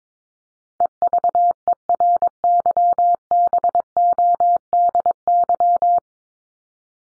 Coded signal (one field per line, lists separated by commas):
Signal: Morse code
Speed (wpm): 22 wpm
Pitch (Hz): 700 Hz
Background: none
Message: EVERYBODY